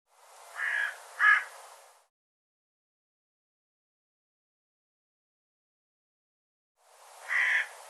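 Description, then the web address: Bird: two grating caws from a bird, a gap of silence, then one further caw. "cianscape birddata Deverinetal 2025 File cleaned normalized Bird"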